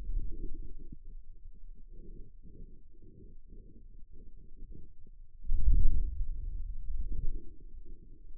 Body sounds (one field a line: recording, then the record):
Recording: forearm muscle sounds (acoustic myography)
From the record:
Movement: hand closing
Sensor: system 2, bracelet of six BSWA MPA416 microphones around the upper forearm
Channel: 4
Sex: male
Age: 22 years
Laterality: right